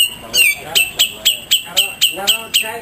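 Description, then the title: Grey-cheeked bulbul chirps: sharp, high notes repeated about four times per second, each dropping slightly in pitch, in a steady rhythmic series. Song used to train cage birds. "Cucak Jenggot Masteran Durasi Panjang"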